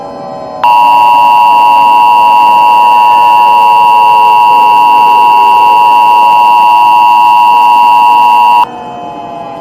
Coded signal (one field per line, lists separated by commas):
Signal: Emergency Alert System (SAME) tones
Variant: 853 and 960 Hz attention tone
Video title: EAS Scenario 1 - Lost In Silence